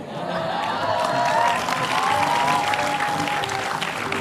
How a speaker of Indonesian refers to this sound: Pakai tepuk tangan lagi.